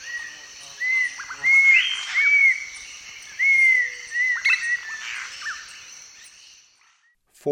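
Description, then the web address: Cinnamon attila song: a series of slurred, arched whistles, each rising then falling, over a steady high insect hum. Eastern lowlands of South America. "Natures Songs S America Eastern Lowlands. Cinnamon Attila"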